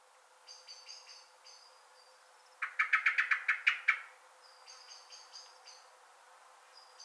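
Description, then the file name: Common blackbird giving a quick rattling series of hard chink notes, with soft thin high notes before and after. "Turdus merula"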